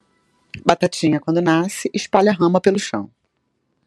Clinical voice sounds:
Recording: short text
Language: Brazilian Portuguese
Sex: female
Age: 40 to 49 years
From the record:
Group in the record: control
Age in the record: 45 years

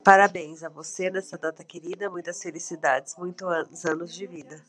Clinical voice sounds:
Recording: short text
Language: Brazilian Portuguese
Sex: female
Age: 40 to 49 years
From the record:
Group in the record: control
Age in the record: 41 years

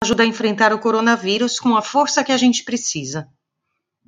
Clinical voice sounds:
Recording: spoken sentence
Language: Brazilian Portuguese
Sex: female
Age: 40 to 49 years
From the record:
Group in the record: control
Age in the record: 48 years

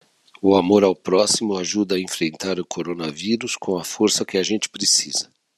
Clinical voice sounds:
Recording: spoken sentence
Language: Brazilian Portuguese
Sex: male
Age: 50 to 59 years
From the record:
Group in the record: control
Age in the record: 59 years

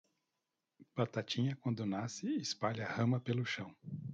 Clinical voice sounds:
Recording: short text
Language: Brazilian Portuguese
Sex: male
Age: 40 to 49 years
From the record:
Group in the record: control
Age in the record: 46 years

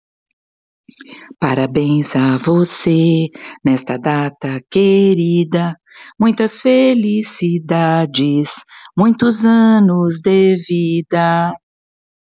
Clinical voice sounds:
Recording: short text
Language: Brazilian Portuguese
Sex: female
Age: 60 to 69 years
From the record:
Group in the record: control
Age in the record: 61 years

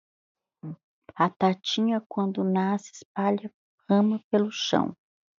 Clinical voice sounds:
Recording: short text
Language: Brazilian Portuguese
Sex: female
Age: 50 to 59 years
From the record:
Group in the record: control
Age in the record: 56 years

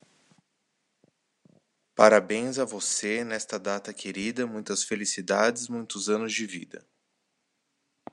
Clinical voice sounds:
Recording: short text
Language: Brazilian Portuguese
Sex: male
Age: 30 to 39 years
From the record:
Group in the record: control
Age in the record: 35 years

